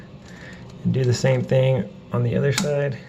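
Someone talks while the rigid plastic arm of a new toilet flapper is handled, ready to be pressed down onto the peg on the second side of the toilet's overflow tube. The clip ends before the part goes home, so nothing has seated or clicked yet.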